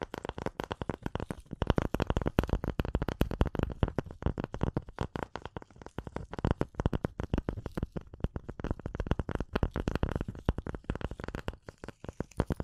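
Dense, rapid tapping and scratching runs continuously for the whole stretch, with many quick strikes packed closely together. The sounds are mostly low and thumpy with a scratchy upper edge, and their loudness wavers unevenly without real pauses.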